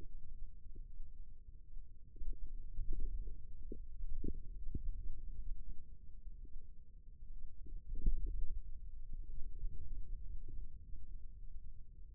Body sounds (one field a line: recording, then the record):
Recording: forearm muscle sounds (acoustic myography)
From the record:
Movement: radial deviation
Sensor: system 2, bracelet of six BSWA MPA416 microphones around the upper forearm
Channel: 3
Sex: female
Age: 25 years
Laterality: right